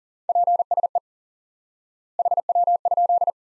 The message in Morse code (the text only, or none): PSE HW?